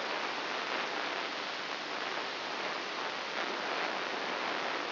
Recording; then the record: brain microelectrode recording played as sound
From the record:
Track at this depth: inside the subthalamic nucleus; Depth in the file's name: 3.004 mm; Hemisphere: right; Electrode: 3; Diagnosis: Parkinson's disease